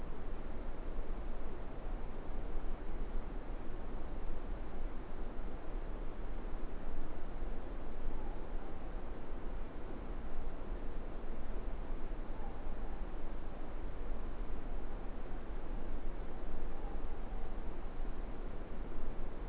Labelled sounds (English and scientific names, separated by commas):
Morepork (Ninox novaeseelandiae) more-pork call